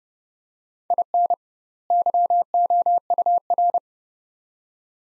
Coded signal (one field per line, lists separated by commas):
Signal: Morse code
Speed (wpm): 30 wpm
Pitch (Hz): 700 Hz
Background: none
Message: IN YOUR